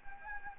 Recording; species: mosquito wingbeat signal from an infrared sensor; Anopheles gambiae